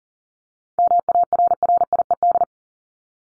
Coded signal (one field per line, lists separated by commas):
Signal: Morse code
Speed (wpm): 40 wpm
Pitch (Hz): 700 Hz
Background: none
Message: MARRIED